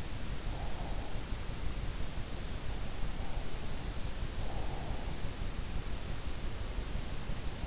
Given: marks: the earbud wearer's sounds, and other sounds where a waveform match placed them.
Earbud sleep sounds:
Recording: sounds in sleep by an in-ear microphone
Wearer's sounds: breath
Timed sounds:
0.00-1.65 s: breath
3.85-5.97 s: breath

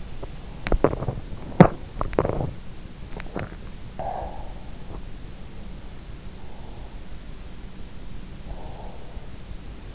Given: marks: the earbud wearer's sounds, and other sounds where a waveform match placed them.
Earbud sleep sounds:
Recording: sounds in sleep by an in-ear microphone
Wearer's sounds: teeth grinding, swallowing, breath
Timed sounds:
0.00-2.44 s: teeth grinding
2.91-3.73 s: swallowing
3.90-4.69 s: breath
6.18-6.96 s: breath
8.36-9.12 s: breath

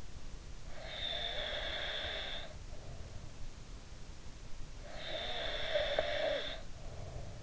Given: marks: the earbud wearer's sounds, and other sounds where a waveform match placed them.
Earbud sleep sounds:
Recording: sounds in sleep by an in-ear microphone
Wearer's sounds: snoring breath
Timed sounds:
0.75-2.49 s: snoring breath
4.92-7.43 s: snoring breath

